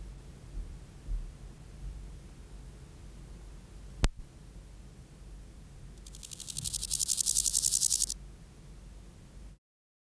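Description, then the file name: Two-marked grasshopper stridulation: a single rasping, finely pulsed buzz of about two seconds over steady background hiss, with one sharp click earlier. "Chorthippus binotatus"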